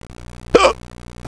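A single abrupt hiccup from an adult with pretty bad hiccups lasts about a fifth of a second: a sharp, sudden catch of breath with a brief voiced 'hic' quality. It comes from an involuntary spasm of the diaphragm, which snaps the vocal cords shut. A steady low engine hum runs underneath.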